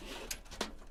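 A metal motherboard I/O shield for an MSI B360 board is pressed into the rear opening of a Fractal Design Define R6 PC case. Two sharp clicks are heard at 0.3 s and 0.6 s, and the clicking shows the shield is seated properly.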